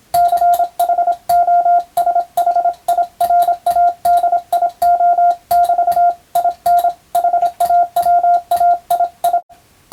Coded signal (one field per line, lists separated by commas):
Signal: Morse code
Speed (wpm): 27 wpm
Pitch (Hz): 700 Hz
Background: radio noise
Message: CHOSHIRADIO <BT> IN HAWAII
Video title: アマチュア無線のＦＴ８も楽しいけどＣＷはもっと楽しいぞ！モールス信号を操る匠の技！自分の頭の中で符号を変換して脳を活性化！morse code practice for radio operator)